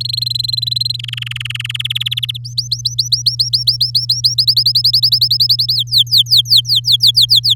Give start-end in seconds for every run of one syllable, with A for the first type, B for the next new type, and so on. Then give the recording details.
0.00-0.96 A, 0.99-1.93 B, 1.95-2.38 C, 2.44-4.34 D, 4.38-5.74 E, 5.75-7.54 F. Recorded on 8 May 2018 at 07:48. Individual llb16